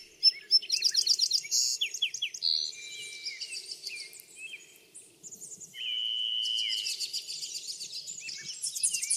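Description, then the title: Bird song chorus: rapid high trills and chirps, a brief lull, then a steady sustained whistle and renewed busy twittering. Backyard. "Backyard Birds - Ambient Nature Bird Sounds"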